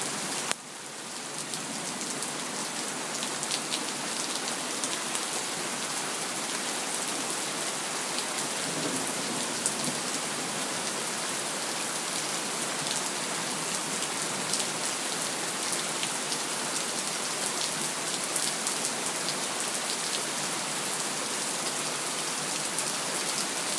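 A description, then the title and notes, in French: A storm brings steady, dense rain pattering on a hard surface, a constant bright hiss with small drip clicks throughout. Orages sur Austin.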